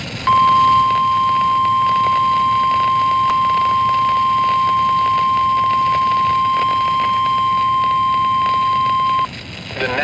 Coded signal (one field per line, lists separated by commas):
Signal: Emergency Alert System (SAME) tones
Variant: 1050 Hz attention tone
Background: speech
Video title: Severe Thunderstorm Warning (EAS 1825)